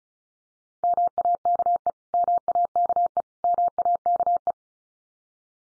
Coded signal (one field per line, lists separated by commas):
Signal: Morse code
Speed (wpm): 34 wpm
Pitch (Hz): 700 Hz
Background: none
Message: MAKE MAKE MAKE